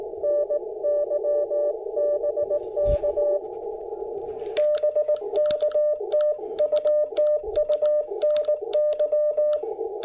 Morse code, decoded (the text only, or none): NY BK BK TU TU NY